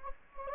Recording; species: mosquito wingbeat signal from an infrared sensor; Anopheles gambiae